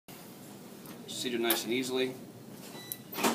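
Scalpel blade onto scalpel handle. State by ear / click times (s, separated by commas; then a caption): seated / 2.9 s. A metal scalpel blade is slid onto a scalpel handle while someone talks. A short, sharp click at 2.9 s marks the blade seating home, followed by a brief metallic scrape. The blade is confirmed on the handle.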